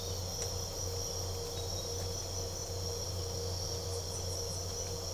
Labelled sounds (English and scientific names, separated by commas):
none